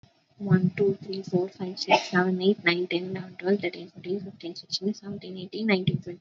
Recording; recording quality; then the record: counting at a fast pace; moderate, slight background noise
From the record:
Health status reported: healthy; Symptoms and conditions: cough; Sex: female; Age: 32 years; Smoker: not ticked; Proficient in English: yes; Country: India